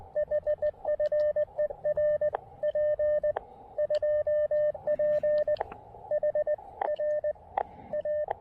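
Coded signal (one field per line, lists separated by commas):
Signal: Morse code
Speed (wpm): 19 wpm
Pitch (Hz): 590 Hz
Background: radio noise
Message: HFER P2PHRA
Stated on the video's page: Morse from a POTA park activation using a KX2 transceiver with AX1 antenna.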